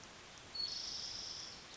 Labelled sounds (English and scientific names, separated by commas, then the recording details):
Spotted Towhee (Pipilo maculatus)
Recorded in Sonoma County, California